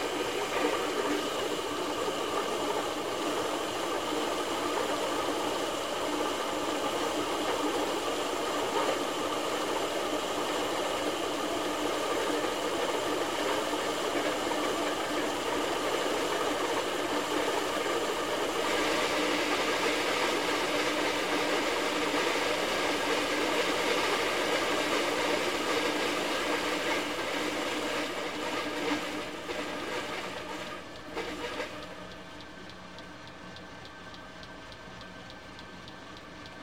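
A coffee grinder runs with a steady, dense whirring grind, mid and upper pitches dominating over a thin low rumble. The tone shifts slightly brighter around 19 seconds, then the motor winds down near 31 seconds and the sound drops to a quieter, duller hum.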